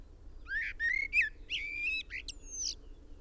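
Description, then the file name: Common blackbird song: a quick run of fluty slurred notes ending in thin, high squeaky twitters, with a faint low hum beneath. "Turdus merula"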